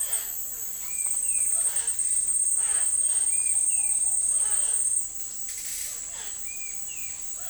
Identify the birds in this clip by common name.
unidentified bird, Peruvian Warbling Antbird, Ruddy Pigeon